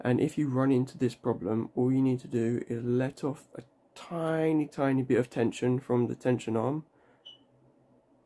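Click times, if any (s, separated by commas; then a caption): 7.3 s. Someone talks while picking a Volkswagen/Audi car door lock barrel with an HU66 tool, where stiff wafer three makes the tension arm flex until the tension is eased off slightly. After the talking stops, a short, faint click at 7.3 s marks the last wafer setting, and the lock opens, picked.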